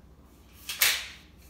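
After cocking, the break-barrel of a Gamo Swarm Maxxim .22 caliber air rifle is swung back up into the action. A short metallic sound at 0.7 s leads into a sharper, louder click at 0.8 s as the barrel locks closed and seats.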